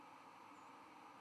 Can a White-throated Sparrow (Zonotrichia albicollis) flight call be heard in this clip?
yes